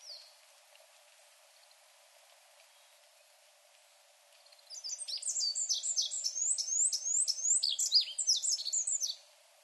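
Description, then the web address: Olive-backed pipit singing a fast, high-pitched string of buzzy, slurred notes lasting about five seconds, after a quiet opening with only one faint high note. Recorded 3 July 2008. "koe binzui 080703 asyoro kuroda"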